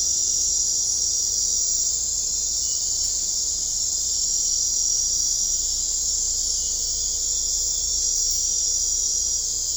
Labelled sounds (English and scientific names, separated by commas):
none